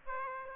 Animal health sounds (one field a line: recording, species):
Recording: mosquito wingbeat signal from an infrared sensor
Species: Aedes aegypti